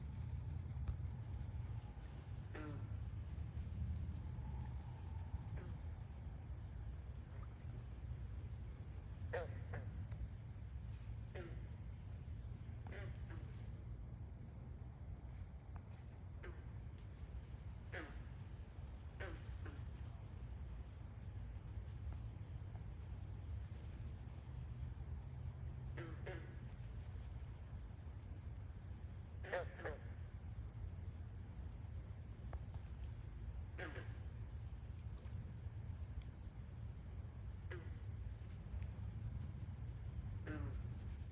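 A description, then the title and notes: Frogs at night give short, sharp calls every few seconds over a steady, heavy low rumble resembling traffic that persists throughout. Frogs at the Park.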